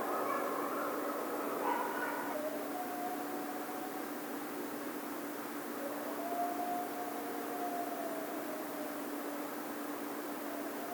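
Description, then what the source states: Coyote howls faintly: a few short yips early, then long drawn-out tonal wails over steady background hiss. Howling, recorded 1 February 2010.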